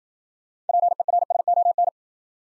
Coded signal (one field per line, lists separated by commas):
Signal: Morse code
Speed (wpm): 53 wpm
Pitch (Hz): 700 Hz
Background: none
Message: PERSON